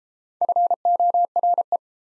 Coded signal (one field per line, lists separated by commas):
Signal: Morse code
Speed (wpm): 29 wpm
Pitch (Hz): 700 Hz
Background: none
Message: FORE